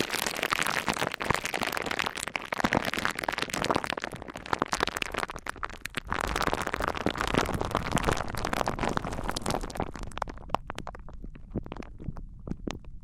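Dense, crackling snaps and rustles from materials like wood, cork, sponge, foam, glass and plastic, packed tightly and steady for about ten seconds. After that the crackle thins into scattered, duller clicks with gaps between them.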